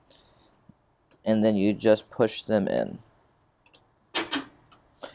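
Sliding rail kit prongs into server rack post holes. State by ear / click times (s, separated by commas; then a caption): seated / 5.0 s. Someone talks while pushing the two prongs of the left sliding rail kit, for an HPE ProLiant DL360 Gen9 server, into the square holes of the rack post at unit nine. A sharp click comes at 5.0 seconds as the prongs lock in, leaving the rail kit physically locked into place.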